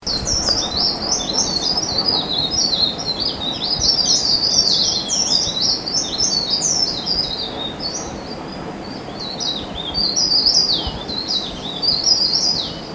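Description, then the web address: Mountain leaf warbler delivering a long run of high, jumbled warbling phrases, bright and rapid with sharp rising and falling notes, over a steady hiss of background noise. Recorded at Bukit Ular on Mount Kinabalu, 14 August 2009. "MTKINABALUBUKITULAR. mountain leaf warbler"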